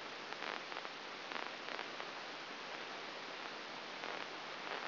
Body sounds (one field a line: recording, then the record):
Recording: brain microelectrode recording played as sound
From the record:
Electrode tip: inside the subthalamic nucleus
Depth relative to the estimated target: -3.5 mm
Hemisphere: right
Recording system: AlphaMap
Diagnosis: Parkinson's disease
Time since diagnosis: 11 years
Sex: female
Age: 60 years